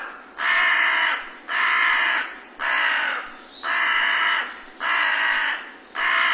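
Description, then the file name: Carrion crow repeating six rough, grating caws in a steady series, roughly one each second. "hasiboso"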